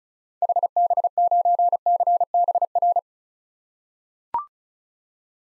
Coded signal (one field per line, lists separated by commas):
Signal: Morse code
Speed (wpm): 35 wpm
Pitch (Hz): 700 Hz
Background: none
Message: HB9CBR